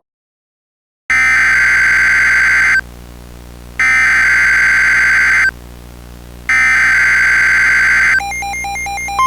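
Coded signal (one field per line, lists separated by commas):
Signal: Emergency Alert System (SAME) tones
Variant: header bursts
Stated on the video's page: Fictional April Fools EAS scenario, a made-up simulated alert.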